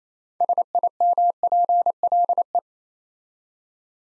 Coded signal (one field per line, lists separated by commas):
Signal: Morse code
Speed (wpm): 27 wpm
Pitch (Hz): 700 Hz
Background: none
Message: SIMPLE